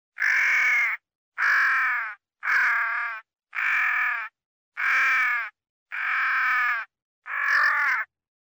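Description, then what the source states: Crow uttering seven loud, hoarse caws, each lasting under a second, delivered at a fairly steady pace of about one per second. Crow calling while fighting.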